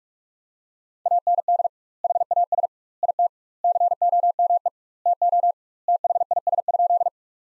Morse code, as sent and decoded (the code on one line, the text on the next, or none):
.- -. -.. / .... .- ... / .. - / -.-. --- -- . / - --- / - .... .. ... ..--..
AND HAS IT COME TO THIS?